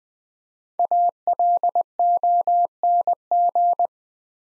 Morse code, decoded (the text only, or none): ALONG